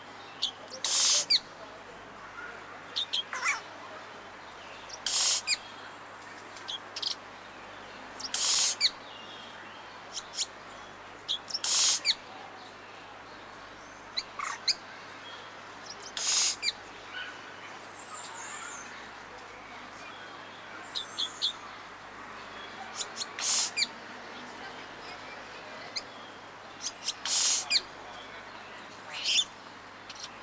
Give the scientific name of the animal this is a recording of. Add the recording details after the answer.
Momotus momota. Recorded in captivity. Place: Tiergarten Wilhelma/Stuttgart, Baden-Württemberg, DE. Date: 2004-10-03 15:15. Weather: bedeckt - heiter, 17°C. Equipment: Sony WM-D6C, Sennheiser ME 80, Kopie Uher 4000 Report Monitor. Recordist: Tembrock, Günter